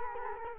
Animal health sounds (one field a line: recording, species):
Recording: mosquito wingbeat signal from an infrared sensor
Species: Culex quinquefasciatus